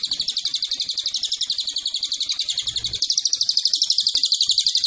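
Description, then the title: Cililin calling with a continuous shrill, rapidly pulsed trill, steady in pitch and growing slightly louder in the second half. Lure recording used as a master and bait call to attract cililin birds. "MASTERAN SUARA BURUNG CILILIN BISA JUGA PANCINGAN CILILIN"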